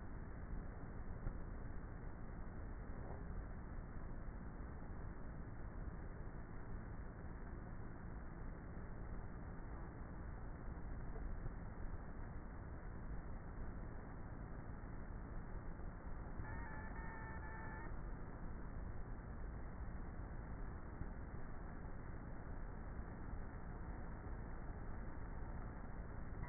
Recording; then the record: honeybee colony, microphone inside the hive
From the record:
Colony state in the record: queenless with a low population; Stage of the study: before two queens were removed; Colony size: about 30,000 bees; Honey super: no